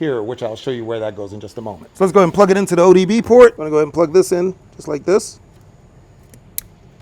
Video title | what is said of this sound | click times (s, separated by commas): Tesla LED Blind Spot Light Review: Worth It? | You hear it click. That way you know it's in. | 6.6 s